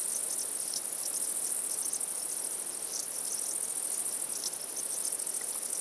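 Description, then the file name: Shrill steady cricket trill with rapid overlapping chirps in the background. Crickets at night. "Night Sounds, Cricket Sounds, Sounds of Nature Zone"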